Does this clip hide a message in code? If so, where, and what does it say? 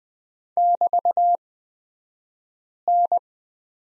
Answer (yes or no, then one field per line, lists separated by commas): yes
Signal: Morse code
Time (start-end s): 0.6-3.2 s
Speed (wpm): 20 wpm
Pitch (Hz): 700 Hz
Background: none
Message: <BT>N